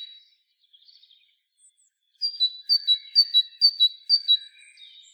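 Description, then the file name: Great tit song: after two quiet seconds, a high, clear two-note phrase repeats about five times at a brisk, even pace, with faint twitters behind it. "Parus major"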